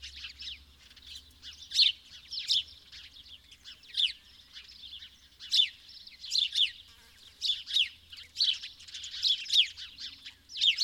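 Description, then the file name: House sparrow chirps, loud clipped cheeps repeated in rapid bursts with softer chatter between, over a faint low rumble. "Passer domesticus"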